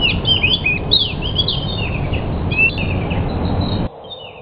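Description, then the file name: Pied bush chat delivering a fast, varied chatter of chirps and sweeping whistles over low background noise. Described in Indonesian as 'sudah jadi', meaning a finished, fully trained songbird. "suara burung decu sudah jadi. omkicau"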